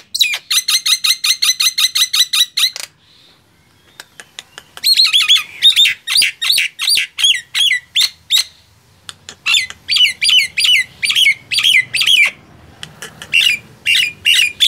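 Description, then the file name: Nias hill myna song opening with a rapid, even train of ringing notes, then a pause and irregular bursts of squawks and whistles. "suara jalak nias"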